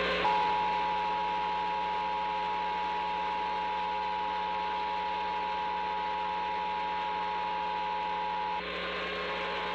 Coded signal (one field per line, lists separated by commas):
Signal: Emergency Alert System (SAME) tones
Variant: 853 and 960 Hz attention tone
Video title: EAS Test #1: FAIL?! | National EAS Test 2021 | WTHR-TV National EAS Test (8/11/2021)